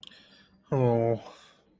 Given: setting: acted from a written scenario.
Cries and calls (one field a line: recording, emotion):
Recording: vocal sound without words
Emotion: sympathy